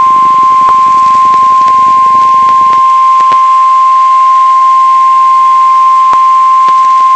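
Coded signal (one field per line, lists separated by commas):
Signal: Emergency Alert System (SAME) tones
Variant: 1050 Hz attention tone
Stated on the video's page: Tornado Warning received on NOAA weather radio KIG86 Columbus, Ohio.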